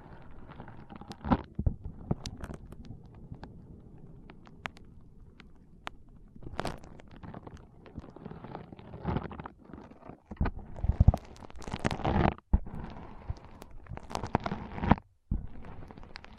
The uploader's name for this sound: ASMR Powerful Foam Brain Massage